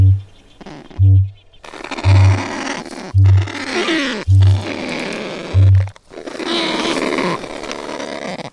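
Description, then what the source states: Kakapo booming: six low, hollow booms about a second apart, interleaved with bursts of broad rushing noise. Night call of the Kakapo, or owl parrot, from New Zealand; its night voice has even made it onto New Zealand radio.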